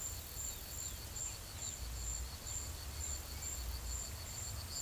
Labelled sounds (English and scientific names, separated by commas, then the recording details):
none
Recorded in pastures near Puerto Asís, Putumayo, Colombia, on 22 December 2024 at 14:30
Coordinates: 0.487, -76.322
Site GP09